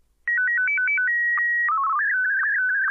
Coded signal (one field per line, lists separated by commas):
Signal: SSTV (slow-scan television)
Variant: Martin 1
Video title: SSTV with Standard Multimod VHF Base Station C5400